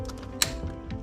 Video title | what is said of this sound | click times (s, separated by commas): BMW 528i F10 Thermostat Replacement | All right. Hear a nice click. | 0.4 s